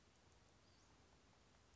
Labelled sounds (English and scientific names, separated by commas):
Western Flycatcher (Empidonax difficilis)